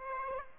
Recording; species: mosquito wingbeat signal from an infrared sensor; Aedes aegypti